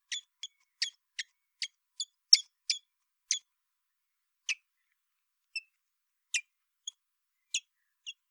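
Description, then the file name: Common blackbird ticking: quick sharp notes in a rapid series, then slowing into scattered single ticks. "Turdus merula"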